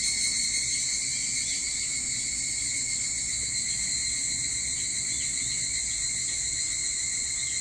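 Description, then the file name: Evening cicada chorus, a continuous high trilling drone over a soft low rumble. Recorded 22 July 2023 at 04:40. "higurashi 230722 0440"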